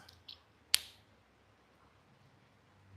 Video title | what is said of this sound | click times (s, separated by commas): Lami Kairo is live! | This is a click in the cap. | 0.7 s